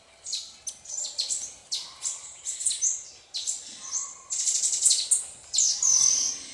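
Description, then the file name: Red-necked Tanager song: rapid bursts of thin, very high chips and short buzzy notes, delivered in quick uneven clusters throughout. "canto-da-saíra-militar"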